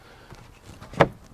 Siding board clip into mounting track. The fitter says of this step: and you see, you heard it snap into place.